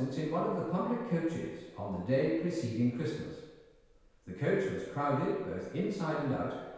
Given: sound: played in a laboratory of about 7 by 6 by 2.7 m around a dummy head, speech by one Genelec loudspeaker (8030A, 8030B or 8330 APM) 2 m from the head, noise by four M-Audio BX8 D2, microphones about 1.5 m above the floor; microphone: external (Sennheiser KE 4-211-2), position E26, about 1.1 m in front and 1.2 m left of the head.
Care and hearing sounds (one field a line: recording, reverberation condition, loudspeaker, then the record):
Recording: male speech in English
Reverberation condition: high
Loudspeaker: 60 degrees to the right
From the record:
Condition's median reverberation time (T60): about 1300 ms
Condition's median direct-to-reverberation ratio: about -4.0 dB